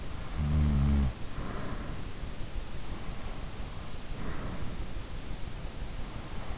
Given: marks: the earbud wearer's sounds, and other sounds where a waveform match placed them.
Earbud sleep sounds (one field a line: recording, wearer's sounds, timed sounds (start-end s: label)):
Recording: sounds in sleep by an in-ear microphone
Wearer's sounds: snoring breath, breath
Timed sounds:
0.30-2.15 s: snoring breath
3.99-5.36 s: breath